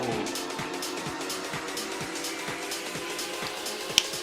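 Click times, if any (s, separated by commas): 4.0 s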